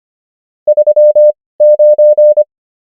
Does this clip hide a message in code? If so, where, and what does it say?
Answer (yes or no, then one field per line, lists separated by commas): yes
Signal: Morse code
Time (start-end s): 0.7-2.4 s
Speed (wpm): 25 wpm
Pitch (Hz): 600 Hz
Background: none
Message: 39